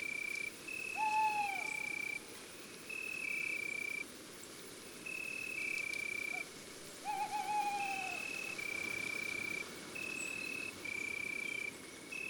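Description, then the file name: Tawny owl gives two wavering hoots about six seconds apart, with constant alternating insect trills in the background. Female. "Chouette hulotte femelle Chants doiseaux des bois et des forets"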